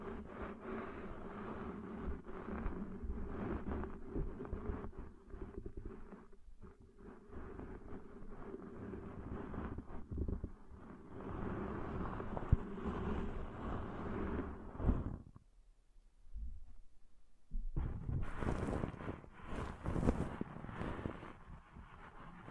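Deep ear cleaning sounds: dense, muffled rubbing and scraping with a low rumble, continuous for the first fifteen seconds. The sound drops almost to silence for about three seconds, then returns brighter and harsher, with crisp scratchy bursts through the end.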